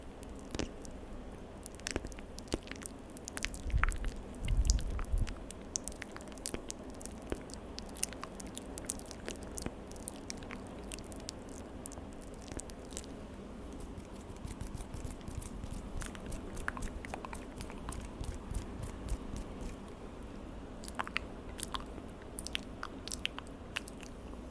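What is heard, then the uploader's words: Wet mouth sounds, spit and smacking clicks, crackle steadily throughout with dense sharp ticks, over a low murmur and a few heavier thumps near five seconds. ASMR Spit Painting Your FACE (MOUTH SOUNDS).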